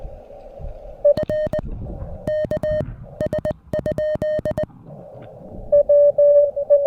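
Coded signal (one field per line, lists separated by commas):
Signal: Morse code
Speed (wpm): 20 wpm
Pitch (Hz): 1850 Hz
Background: none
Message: R KS?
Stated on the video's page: QRP Parks on the Air activation on 30 meters using a Venus SW-3B with an end-fed half-wave antenna and balun.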